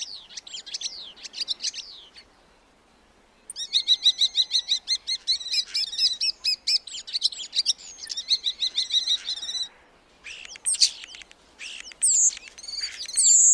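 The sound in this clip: Black starling song: varied chatter, a short pause, then a long rhythmic clicking rattle, finishing with squeals and piercing high whistles.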